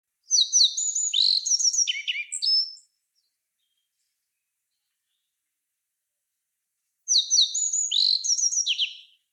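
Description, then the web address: Japanese yellow bunting song: two bright, high phrases of quick whistled and trilled notes, each about two to two and a half seconds, separated by a silent pause of about four seconds. "nojiko"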